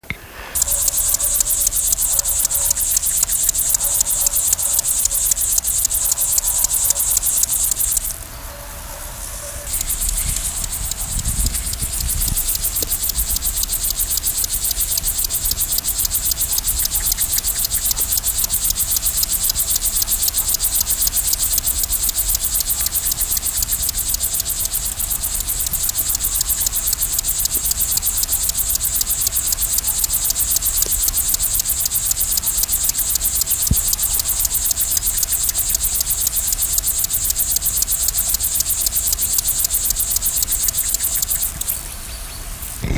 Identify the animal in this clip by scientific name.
Chorthippus apricarius